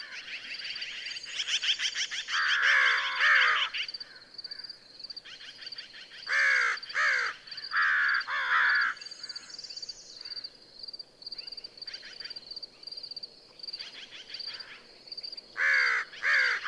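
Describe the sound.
American crow giving scattered harsh caws in short bursts separated by pauses of a few seconds, over a continuous thin high buzzing insect-like tone.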